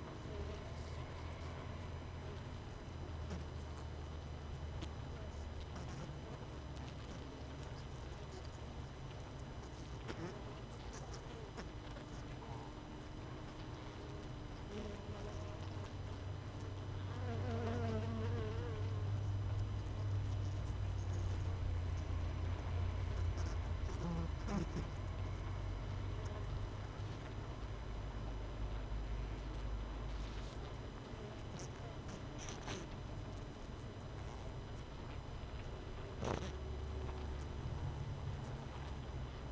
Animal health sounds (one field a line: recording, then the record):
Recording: honeybee colony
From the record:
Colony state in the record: missing queen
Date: 31 May 2018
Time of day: 18:16